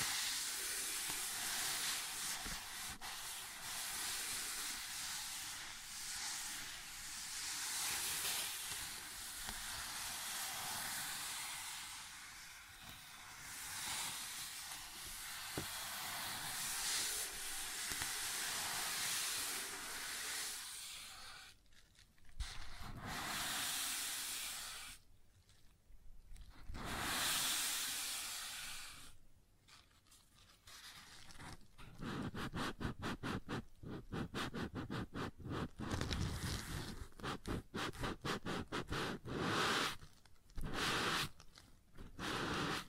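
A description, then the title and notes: Sounds on a wooden surface: for the first twenty seconds a dense, steady hissing scrape rubs on without pause. After that it breaks up, stopping and starting with short silences, then turns into fast, choppy scratching strokes until the end. ASMR Sounds on Wooden Surface (No Talking).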